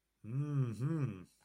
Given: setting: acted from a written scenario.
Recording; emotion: vocal sound without words; romantic love